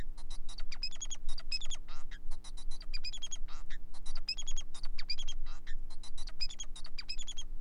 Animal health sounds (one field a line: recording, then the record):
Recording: song of a male Bengalese finch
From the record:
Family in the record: son of father 4